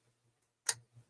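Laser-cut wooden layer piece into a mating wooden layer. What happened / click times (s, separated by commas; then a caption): The wooden piece snapped partway in but is not yet fully seated / 0.7 s. An asymmetric laser-cut wooden piece is pressed by hand into its mating wooden layer, giving one sharp, bright snap at 0.7 s over a faint low hum, followed by a softer thud near 1.0 s. The piece has snapped in tight but is not flush yet and still has to be hammered flush.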